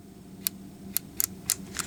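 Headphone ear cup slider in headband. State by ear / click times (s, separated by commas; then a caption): seated / 0.5 s, 1.0 s, 1.2 s, 1.5 s, 1.8 s. The adjustable plastic/metal headband slider of Bob Marley Freedom Collection Redemption over-ear headphones is pulled out, moving the ear cup along the headband. It ratchets through its detent stops with sharp, bright clicks at 0.5, 1.0, 1.2, 1.5 and 1.8 seconds over a faint low hum. Each stop holds, so the band stays at the length it is set to.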